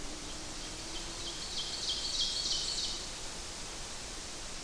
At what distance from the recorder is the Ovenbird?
about 25 m